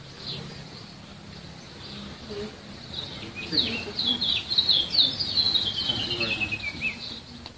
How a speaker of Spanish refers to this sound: En esta bendita mañana, oigan a las benditas aves cantar, cómo están agradeciéndole a mi padre, viendo lo maravilloso que es.